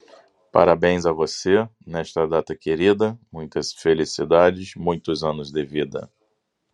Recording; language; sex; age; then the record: short text; Brazilian Portuguese; male; 40 to 49 years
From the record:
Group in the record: control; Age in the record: 46 years